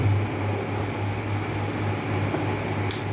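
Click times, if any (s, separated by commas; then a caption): 2.9 s. A plastic monitor part is pushed into its slot in the monitor body over a steady low hum. A single sharp, bright click sounds at 2.9 s as the part locks into place, and it is confirmed seated.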